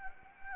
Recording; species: mosquito wingbeat signal from an infrared sensor; Anopheles gambiae